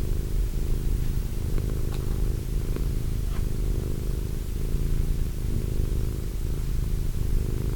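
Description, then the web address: Cat purring, a continuous low rumble in regular breath pulses, with a few faint clicks in the first half. Cat named Wilson. "~pelikas CATSOUNDS Wilson Cat"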